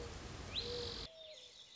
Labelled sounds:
Mourning Dove
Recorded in Sonoma County, California

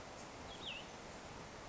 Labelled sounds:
Cassin's Vireo
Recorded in Sonoma County, California

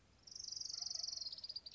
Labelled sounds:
Orange-crowned Warbler
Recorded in Sonoma County, California

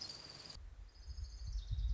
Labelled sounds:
Orange-crowned Warbler
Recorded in Sonoma County, California

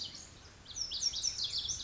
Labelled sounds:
Lazuli Bunting
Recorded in Sonoma County, California

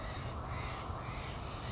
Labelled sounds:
Steller's Jay
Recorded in Sonoma County, California

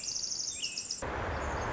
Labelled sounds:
Pacific Wren
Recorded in Sonoma County, California

